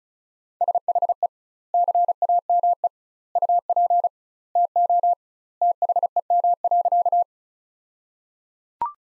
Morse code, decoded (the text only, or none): SHE CAME UP TO THEM.